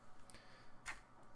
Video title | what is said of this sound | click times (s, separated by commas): Radioddity Baofeng RD-5R Unboxing | Take that sucker, jam that in there, wait for the click. | 0.3 s